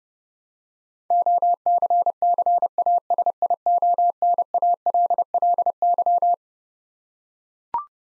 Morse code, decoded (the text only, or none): OCCASIONALLY